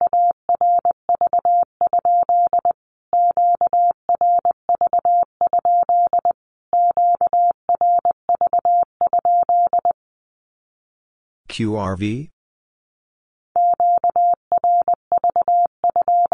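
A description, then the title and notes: A Q-code is sent in Morse code as a steady mid-pitched tone, keyed into short dots and longer dashes in regular groups. The pattern repeats three times, and silence separates the groups. Near twelve seconds a brief rustling burst breaks in during a pause. Q-Codes Repeated 3x 20wpm. First, the Q-code is sent in Morse code three times as either a statement or a question.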